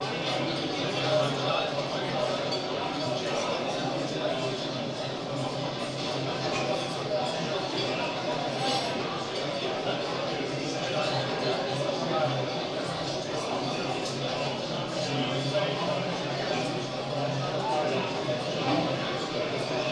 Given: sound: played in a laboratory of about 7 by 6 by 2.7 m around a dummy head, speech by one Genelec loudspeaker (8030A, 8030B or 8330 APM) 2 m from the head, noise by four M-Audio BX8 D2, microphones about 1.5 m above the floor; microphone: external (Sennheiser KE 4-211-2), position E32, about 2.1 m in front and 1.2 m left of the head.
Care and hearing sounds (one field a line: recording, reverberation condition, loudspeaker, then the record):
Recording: cafeteria noise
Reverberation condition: medium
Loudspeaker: four, about 170 cm from the corners of the room and facing them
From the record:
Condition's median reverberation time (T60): about 510 ms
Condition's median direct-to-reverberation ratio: about -0.5 dB